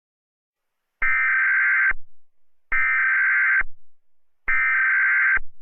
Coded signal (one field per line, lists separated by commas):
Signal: Emergency Alert System (SAME) tones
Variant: header bursts